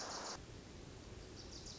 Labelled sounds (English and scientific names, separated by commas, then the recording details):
Wilson's Warbler (Cardellina pusilla)
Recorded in Sonoma County, California